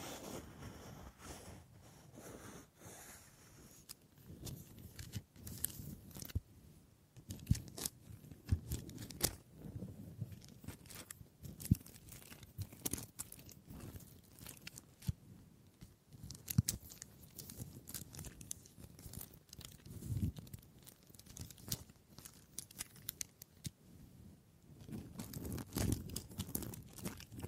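Wood triggers: a dense, irregular run of taps, scrapes and crinkly crackles, with sharp clicks that reach bright and low knocking thuds underneath. The first few seconds are softer and more muted; after that the handling grows busier, with bursts of heavier scratching near 20 and 25 seconds.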